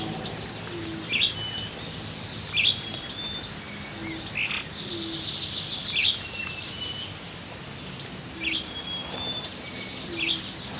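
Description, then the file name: Black-crested tit-tyrant calls: repeated high, thin slurred notes, some followed by a lower note, over faint background hiss. "Anairetes nigrocristatus - Black-crested Tit-Tyrant"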